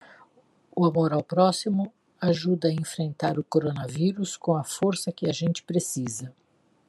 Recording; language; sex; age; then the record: spoken sentence; Brazilian Portuguese; female; 50 to 59 years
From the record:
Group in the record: control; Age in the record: 59 years